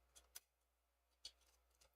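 A metal fan retention clip on a CPU cooler has its tab pulled back and popped onto the heatsink fins, with light metallic clicks near 0.2 s and 0.4 s. A sharp click at 1.3 s marks the clip locking into place, followed by a softer tick near 1.8 s. The fan clip is seated.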